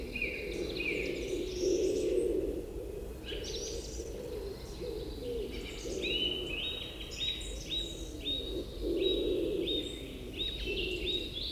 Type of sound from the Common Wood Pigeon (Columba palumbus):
call